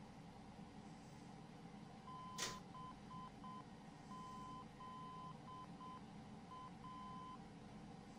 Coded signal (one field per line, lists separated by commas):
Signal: Morse code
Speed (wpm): 7 wpm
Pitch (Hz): 1020 Hz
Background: none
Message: BZA